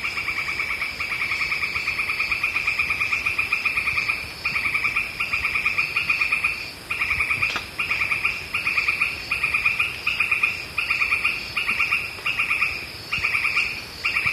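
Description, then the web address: Northern White-crowned Tapaculo giving a long, nearly unbroken run of short, rapid chattering bursts, each a fast mid-pitched trill, with a steady high insect hiss behind. Ecuador. "Birds of Ecuador 3-01 Northern White-Crowned Tapaculo"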